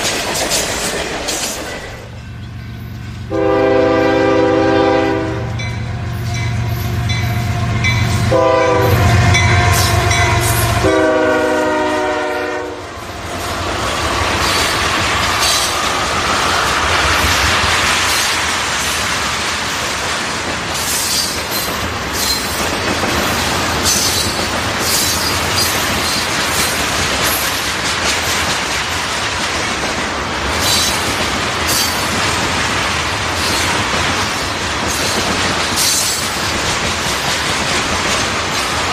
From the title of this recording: Train On Tracks